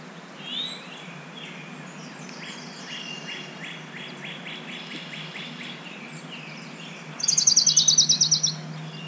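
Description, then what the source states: Orange-crowned warbler giving a fast, high, dry trill of about a dozen even notes near the end, after a fainter, lower trill, over steady background hiss. Subspecies celata.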